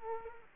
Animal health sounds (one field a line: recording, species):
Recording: mosquito wingbeat signal from an infrared sensor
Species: Culex quinquefasciatus